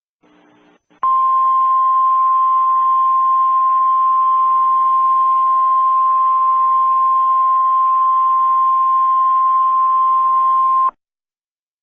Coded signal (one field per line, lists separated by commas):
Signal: Emergency Alert System (SAME) tones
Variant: 1050 Hz attention tone